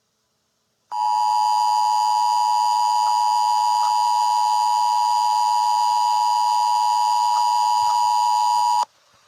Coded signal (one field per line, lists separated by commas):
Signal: Emergency Alert System (SAME) tones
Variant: 853 and 960 Hz attention tone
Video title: EAS SCENARIO EGGDOG INVASION (Two Endings)